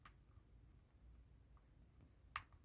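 A screwdriver is turned backwards on a small screw going into a pre-threaded plastic hole on a 1:8 scale Hachette Ford Gran Torino Starsky & Hutch model car, at the spare wheel from parts 53 and 54. After a faint tick at the start and a quiet stretch, a sharp click at 2.4 s marks the screw dropping into the existing thread, so it is seated.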